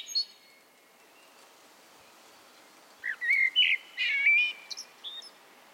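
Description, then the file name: Common blackbird sings one phrase over a steady hiss: a few fluty whistles, then a sliding whistle and a short high twitter. "Turdus merula"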